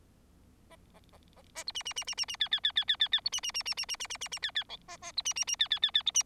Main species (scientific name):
Lonchura striata domestica